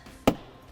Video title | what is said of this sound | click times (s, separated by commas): 2021 Winnebago Solis - Full Motorhome Walkthrough Tour - NIRVC | to the right until it clicks | 0.3 s